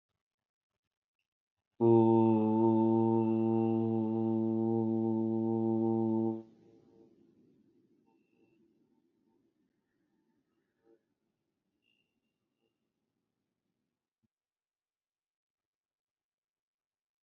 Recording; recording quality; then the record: sustained vowel as in boot; excellent, no background noise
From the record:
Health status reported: healthy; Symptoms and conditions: none ticked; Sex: male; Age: 31 years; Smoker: yes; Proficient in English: yes